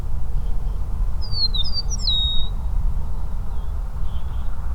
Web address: sound Eastern-meadowlark. صدای-پرنده-چمن-چکاو-شرقی